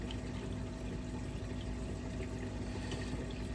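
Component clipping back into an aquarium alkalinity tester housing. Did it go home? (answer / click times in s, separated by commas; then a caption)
no / none. A component of an AquaWiz KH (alkalinity) aquarium tester is pushed back into its housing during reassembly, over a steady, watery, pump-like hum with a faint tick near 0.1 s. Nothing has seated or clicked into place yet.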